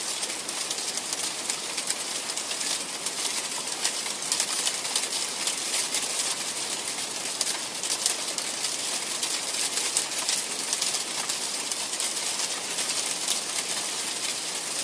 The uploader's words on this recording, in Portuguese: Som de Chuva Congelada para Dormir, Relaxar. Uma chuva congelada chega trazendo o som constante das pedrinhas de gelo que caem.